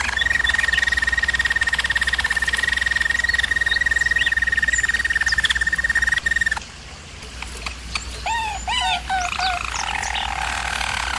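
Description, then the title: German Roller canary song: a fast, level rattling trill for over six seconds, then isolated short swooping notes and a quieter low roll. Singing; used for canary training. "German Roller Canary Singing - Canary Training Vid"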